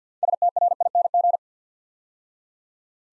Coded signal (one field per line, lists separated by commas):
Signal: Morse code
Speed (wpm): 50 wpm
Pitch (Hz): 700 Hz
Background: none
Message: STRING